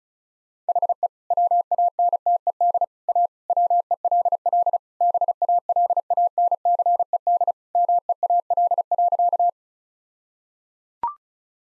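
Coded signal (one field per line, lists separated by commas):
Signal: Morse code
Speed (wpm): 34 wpm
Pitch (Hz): 700 Hz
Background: none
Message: HE WANTED A WELL BALANCED MEAL.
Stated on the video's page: Morse code practice at 35 wpm sending all-age jokes, with context given beforehand as priming.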